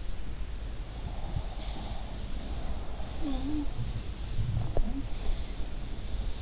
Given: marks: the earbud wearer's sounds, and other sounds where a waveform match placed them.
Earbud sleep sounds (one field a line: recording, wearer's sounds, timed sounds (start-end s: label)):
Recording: sounds in sleep by an in-ear microphone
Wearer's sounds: breath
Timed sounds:
0.83-3.66 s: breath